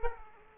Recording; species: mosquito wingbeat signal from an infrared sensor; Aedes aegypti